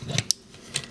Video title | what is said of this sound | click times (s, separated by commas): Transformers Generations Soundblaster with Buzzsaw Video Review | grab this whole system unpack it flip it around and snap it like this | 0.3 s